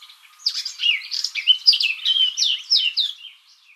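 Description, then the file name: Eurasian blackcap delivering one rich song phrase: a scratchy start that builds into loud, clear whistled notes, then slides down and fades at the end. "Sylvia atricapilla"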